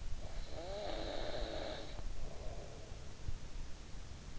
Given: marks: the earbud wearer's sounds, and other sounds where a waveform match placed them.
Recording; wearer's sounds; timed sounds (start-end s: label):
sounds in sleep by an in-ear microphone; snoring breath
0.05-3.30 s: snoring breath